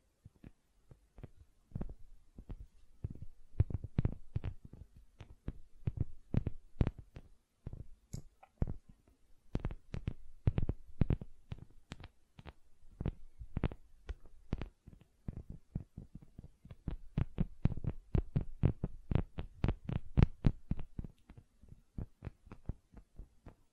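Gentle silicon sounds: soft, quick taps and clicks, each with a dull low thump and a bright tick on top. They come in uneven bursts with short pauses near 8 and 15 seconds, growing denser and busier around 17 to 21 seconds, over near silence.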